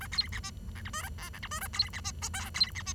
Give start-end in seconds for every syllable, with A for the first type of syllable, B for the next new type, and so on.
0.01-0.07 A, 0.12-0.28 B, 0.32-0.40 C, 0.43-0.50 D, 0.75-0.82 E, 0.85-0.90 F, 0.93-1.02 G, 1.03-1.09 A, 1.18-1.29 H, 1.33-1.39 E, 1.43-1.48 F, 1.51-1.60 G, 1.61-1.67 A, 1.73-1.89 B, 1.93-2.00 C, 2.04-2.12 D, 2.22-2.28 I, 2.33-2.50 J, 2.54-2.71 B, 2.75-2.83 C, 2.86-2.93 D